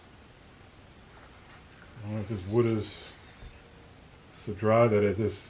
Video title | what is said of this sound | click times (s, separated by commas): Cleaning and Lubing a Friends M1 Garand | Now this front sling mount just pops right off. | 1.7 s